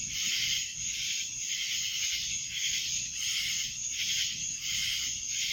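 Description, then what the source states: Cicada chorus of intense, hissing buzz that pulses in regular waves. Cicadas in Annapolis, July 2012.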